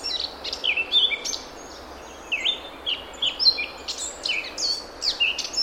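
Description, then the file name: Eurasian blackcap song, a fast run of varied high chirps and slurred notes, broken by a short pause near the middle, over steady background hiss. "Sylvia atricapilla"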